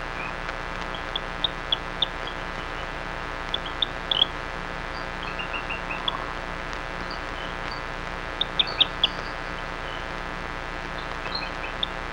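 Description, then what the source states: Rio Grande chirping frog: brief high chirps in loose clusters of two or three, spaced unevenly throughout, above constant background hiss and low rumble. Recorded in Texas.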